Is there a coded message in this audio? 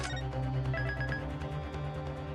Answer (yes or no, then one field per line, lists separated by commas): no